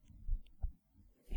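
Soft, low, muffled thumps come in a paired lub-dub pattern, with a quiet pause before the next beat begins. The rhythm is regular. This is an ordinary adult woman's heartbeat, heard with the head resting against her chest.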